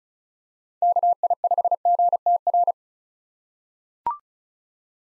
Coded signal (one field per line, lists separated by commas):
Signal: Morse code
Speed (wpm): 36 wpm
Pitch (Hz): 700 Hz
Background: none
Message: KI5GTR